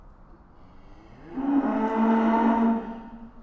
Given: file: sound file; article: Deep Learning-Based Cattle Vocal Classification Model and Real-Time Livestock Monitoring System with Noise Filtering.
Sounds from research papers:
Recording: cattle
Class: estrus call

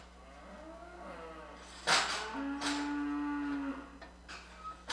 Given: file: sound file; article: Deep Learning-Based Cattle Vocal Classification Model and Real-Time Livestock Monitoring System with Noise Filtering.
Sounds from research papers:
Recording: cattle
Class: normal call

